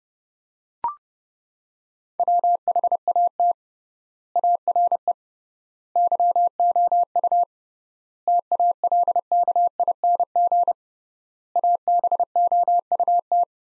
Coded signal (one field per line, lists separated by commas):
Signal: Morse code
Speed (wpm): 30 wpm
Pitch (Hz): 700 Hz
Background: none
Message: WHAT ARE YOU TALKING ABOUT